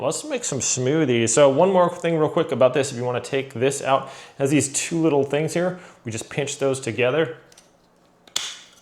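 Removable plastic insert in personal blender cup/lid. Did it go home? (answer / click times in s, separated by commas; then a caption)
released / 8.4 s. Someone talks, then pinches two small plastic tabs together to free a removable plastic insert from the cup/lid of a KOIOS 900W personal blender so it can be washed. A sharp snap is heard at 8.4 s as the insert unlatches and is released.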